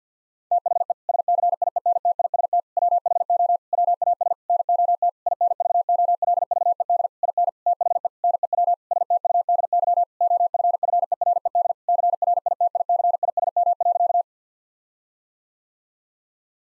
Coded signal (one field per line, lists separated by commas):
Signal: Morse code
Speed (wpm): 50 wpm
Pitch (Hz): 700 Hz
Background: none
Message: THE SCIENTIST WHO WAS NOT INVOLVED IN THE NEW STUDY OFFERED CRITICISM.